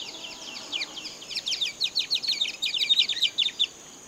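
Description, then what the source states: Bird giving a rapid series of sharp, high, down-slurred chirps in quick bursts for about three seconds, then stopping, over a steady high background hiss. Recorded in Papua New Guinea.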